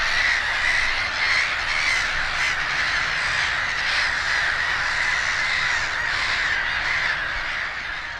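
Black-headed gull colony chorus, many rasping, screechy calls blending into a steady, unbroken din with slight swells in loudness.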